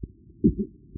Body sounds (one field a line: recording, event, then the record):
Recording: neck accelerometer signal played as sound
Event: voluntary cough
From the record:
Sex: male